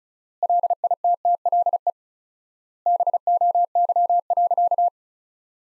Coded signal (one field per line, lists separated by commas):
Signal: Morse code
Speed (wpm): 36 wpm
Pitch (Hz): 700 Hz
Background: none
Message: LITTLE BOY.